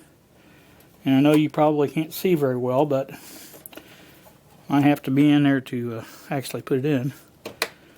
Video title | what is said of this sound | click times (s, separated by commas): Single to Dual hard drive conversion - Dell Optiplex 9020 SFF | and you'll hear it pop in there | 7.6 s